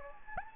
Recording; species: mosquito wingbeat signal from an infrared sensor; Anopheles gambiae